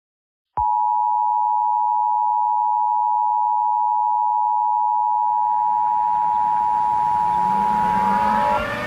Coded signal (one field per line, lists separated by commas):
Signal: Emergency Alert System (SAME) tones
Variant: 853 and 960 Hz attention tone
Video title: The World on Notice: Remastered (EAS Scenario)